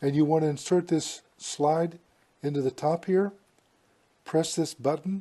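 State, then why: Not seated. Someone talks while the slide of a windshield suction-cup mount is lined up with the top slot of an Escort Passport S55 radar laser detector and a button is pressed. The mount bracket has not yet snapped into the detector, and nothing has seated or clicked yet.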